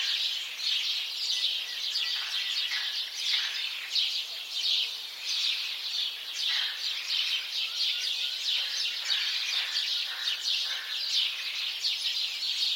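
House sparrows keep up a dense chirping chorus, scattered louder chirps breaking through the constant chatter.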